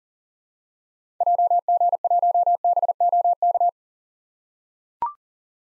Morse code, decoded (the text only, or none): JG1BOK